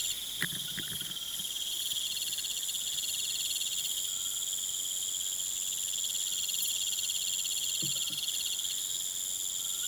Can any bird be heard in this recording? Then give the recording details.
no. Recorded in pastures near Puerto Asís, Putumayo, Colombia, on 27 June 2025 at 20:00. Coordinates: 0.486, -76.323. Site H29